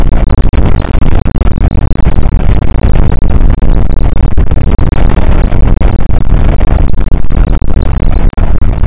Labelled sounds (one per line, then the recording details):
wind
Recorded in the Prudhoe Bay oil fields, Alaska, on 8 May 2019 at 00:05
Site 24